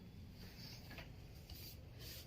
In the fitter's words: लगाओ एक second click आवाज आएगी वाओ ये लग गया है देखो आप कितना इजली लग गया है ये